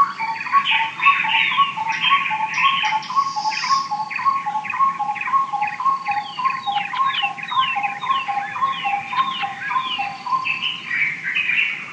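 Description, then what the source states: Black-collared barbet pair duetting, a rapid repeated two-note phrase with low and high notes alternating in steady rhythm, and busier higher notes throughout. Pair singing an antiphonal duet, Okavango Delta, 16 August 2015, 6:52 AM; Sound Devices 702 recorder with Sennheiser 418 stereo shotgun microphone.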